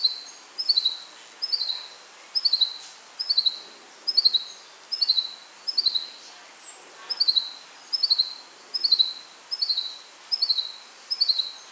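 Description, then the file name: Common chaffinch giving a regular series of high, clipped note groups that slide downward, repeated evenly throughout; one thin higher whistle briefly overlaps midway. "Fringilla coelebs"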